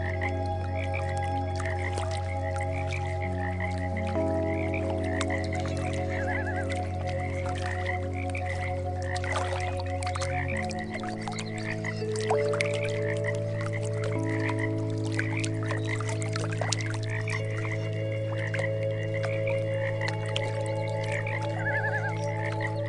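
A dense chorus of frogs croaks and trills steadily over soft, sustained meditation music. The low drone of held chords shifts to new notes every few seconds, while the frog calls keep a fast, even pulse throughout, with occasional sharper clicks.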